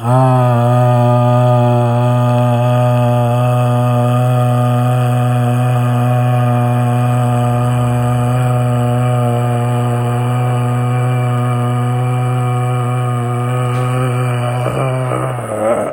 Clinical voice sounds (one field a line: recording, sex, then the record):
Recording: sustained vowel /a/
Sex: male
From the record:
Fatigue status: no fatigue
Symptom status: asymptomatic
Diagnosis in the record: COVID-19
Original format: m4a